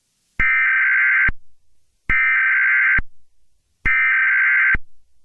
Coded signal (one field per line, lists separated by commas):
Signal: Emergency Alert System (SAME) tones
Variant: header bursts